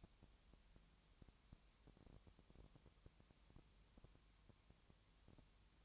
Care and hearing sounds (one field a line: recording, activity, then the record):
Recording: daily activity, microphone in the room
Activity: no activity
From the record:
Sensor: 3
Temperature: 20.6 degrees Celsius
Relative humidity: 34.7%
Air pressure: 1007.2 hPa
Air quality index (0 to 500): 137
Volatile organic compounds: 3 ppm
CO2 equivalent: 1527 ppm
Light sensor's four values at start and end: 2/3/2/2 and 2/3/2/2